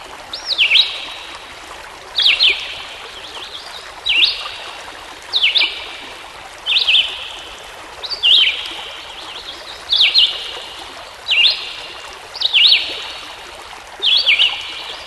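Songbird song of sharp descending-then-rising whistled phrases, repeated regularly, with a stream rushing throughout.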